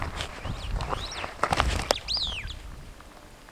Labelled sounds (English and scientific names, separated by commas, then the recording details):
Superb Starling (Lamprotornis superbus) flight call
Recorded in Kenya on 2 June 2010
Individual 19, of group CF2